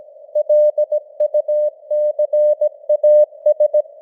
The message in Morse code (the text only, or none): LUCAS